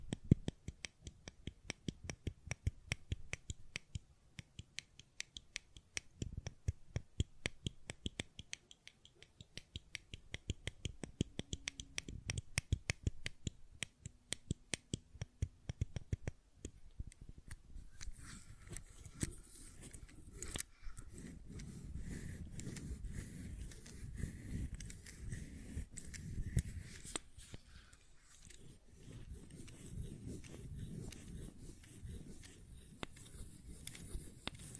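Quick, sharp clicks and taps from a fidget cube come in dense, irregular bursts through the first half. After about seventeen seconds the sound shifts to a softer, rubbing texture with low thumps and fainter scattered clicks until the end.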